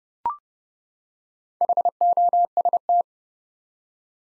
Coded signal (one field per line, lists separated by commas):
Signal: Morse code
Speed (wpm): 30 wpm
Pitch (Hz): 700 Hz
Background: none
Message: HOST